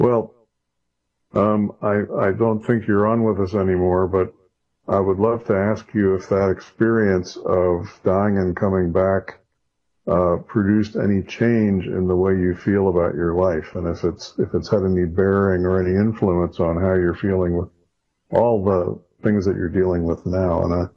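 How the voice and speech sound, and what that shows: A man asks a long question in clear, fluent conversational speech with ordinary pauses; the voice is normal.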